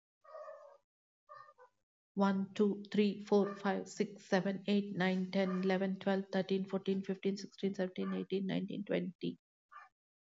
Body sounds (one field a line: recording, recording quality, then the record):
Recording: counting at a fast pace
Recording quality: excellent, no background noise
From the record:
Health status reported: COVID-19 positive, mild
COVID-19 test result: positive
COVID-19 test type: RT-PCR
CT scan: not taken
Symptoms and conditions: cold, sore throat, fever, muscle pain, hypertension, diabetes, another condition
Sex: female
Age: 52 years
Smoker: no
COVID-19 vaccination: both doses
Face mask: not worn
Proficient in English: yes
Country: India